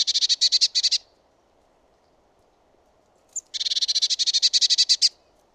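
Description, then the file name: Eurasian blue tit churr: a short harsh rattle, a pause of over two seconds, one thin high note, then a longer rapid buzzy series of scolding notes. "Cyanistes caeruleus"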